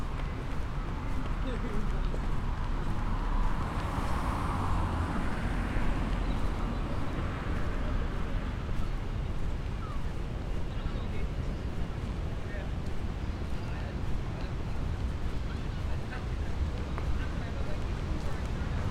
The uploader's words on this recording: Binaural Roman City Walk | City of Bath. The sounds of echoing footsteps, distant chatter, and bustling crowds. Walk through the historic city of Bath.